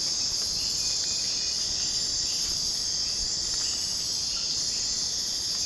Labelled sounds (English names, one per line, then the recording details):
none
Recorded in secondary vegetation near Puerto Asís, Putumayo, Colombia, on 25 June 2025 at 04:00
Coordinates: 0.484, -76.319
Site G074